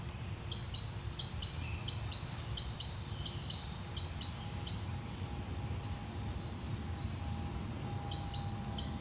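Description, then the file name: Great tit song: bright repeated high notes in a quick even rhythm for about four seconds, a pause, then the phrase resumes near the end, over low rumbling noise. "Parus major"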